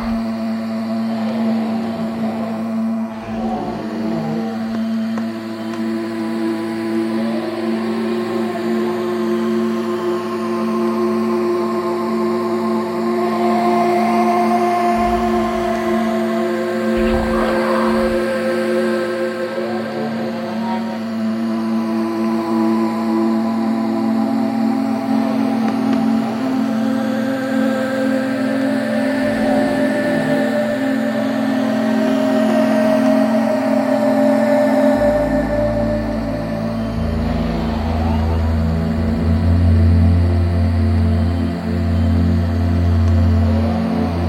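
A dark forest drone of steady, layered sustained tones holds throughout, with a slow wavering sweep in the high hiss and faint rising and falling swells in the middle. Around 35 seconds a deep rumbling low layer enters and continues to the end.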